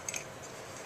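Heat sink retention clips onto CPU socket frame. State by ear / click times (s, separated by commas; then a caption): not seated / none. Heat sink retention keepers are handled while being put back to lock down over a CPU on its socket frame. Two short, bright handling ticks come at about 0.1 and 0.2 s over a low steady hiss. Nothing has seated or clicked into place yet.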